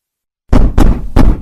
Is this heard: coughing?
no